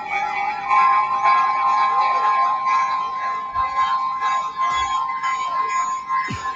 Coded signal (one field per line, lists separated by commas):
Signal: Emergency Alert System (SAME) tones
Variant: 1050 Hz attention tone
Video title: EAS #255 RWT on WWG56 Youngstown, OH